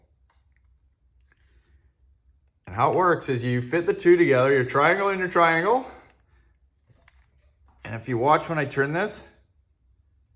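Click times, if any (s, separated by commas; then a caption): none. A CO2 cap is lined up on a launcher by fitting its two triangular mating parts together before the cap is turned to tighten it. Someone talks, with only a few faint ticks of handling in the quiet gaps. Nothing has clicked or seated yet.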